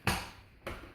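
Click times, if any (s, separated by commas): 0.1 s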